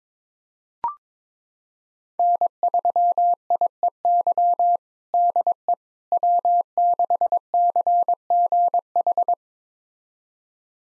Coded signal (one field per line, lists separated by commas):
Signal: Morse code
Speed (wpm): 22 wpm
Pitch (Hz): 700 Hz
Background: none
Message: N3IEY DE W6CGH